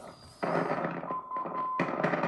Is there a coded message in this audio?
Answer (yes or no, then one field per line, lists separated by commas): no